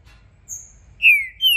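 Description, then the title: Green-winged saltator song: a high thin note, then a loud slurred whistle falling slightly, followed by another bright whistle. Trinca-ferro song used to warm up a bird for a singing contest; calling, singing and acting aggressive, switching between several song types, meant to open the bird's song. "ESQUENTAR Seu TRINCA Piando, Cantando E Macheando Na DISPUTA. Trinca Ferro VALENTE! VIRANDO VARIOS TIPOS DE CANTOS!! ABRIR O CANTO!!"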